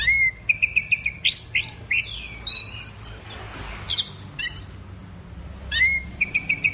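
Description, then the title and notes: Orange-headed thrush delivering a busy song of repeated rattling notes and swooping whistles, pausing briefly before a fresh phrase. Bird in full song, called gacor in Indonesian, used for training songbirds. "Anis Merah Gacor Teler. Kumpulan Suara Burung Anis"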